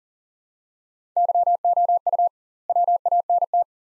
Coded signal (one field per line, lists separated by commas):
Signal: Morse code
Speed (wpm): 40 wpm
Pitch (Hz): 700 Hz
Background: none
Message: YOU WANT